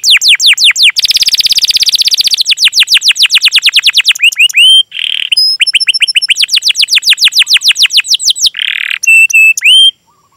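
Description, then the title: Canary in full song: dense rapid trills of falling whistles, broken by short buzzy bursts and looped phrases, almost without pause. Lure song (pancingan) of a canary described as singing vigorously and at length, with a full repertoire of song content. "PANCINGAN Kenari GACOR PANJANG. Pancingan Gacor Full Isian"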